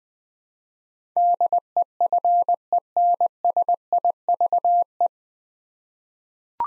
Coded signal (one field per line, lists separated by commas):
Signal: Morse code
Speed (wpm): 21 wpm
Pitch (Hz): 700 Hz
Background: none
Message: DEFENSIVE